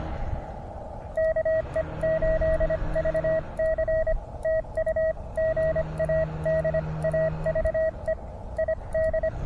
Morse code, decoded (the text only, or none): KE8VC TU GA DAVE ID